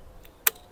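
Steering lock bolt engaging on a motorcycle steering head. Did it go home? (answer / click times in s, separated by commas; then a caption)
yes / 0.5 s. With the engine off, a control is pressed on a Zontes Hyper Trail motorcycle and its electronic steering lock bolt engages at the steering head. There is a faint tick at 0.3 s, then one short, sharp metallic click at 0.5 s as the lock engages. No one talks in the clip.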